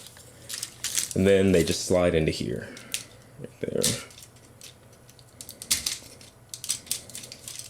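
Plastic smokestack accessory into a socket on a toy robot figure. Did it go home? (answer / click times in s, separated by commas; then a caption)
no / none. A small plastic smokestack accessory is handled and slid toward its socket on a Fansproject TFX-07 Parallax Blue Armor transforming robot figure while someone talks. Several sharp plastic taps and knocks come through over quiet background. Nothing has seated or clicked into place yet.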